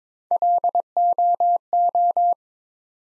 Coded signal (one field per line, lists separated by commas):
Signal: Morse code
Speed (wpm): 22 wpm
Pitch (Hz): 700 Hz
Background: none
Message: LOO